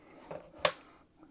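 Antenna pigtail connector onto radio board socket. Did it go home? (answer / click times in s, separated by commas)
yes / 0.6 s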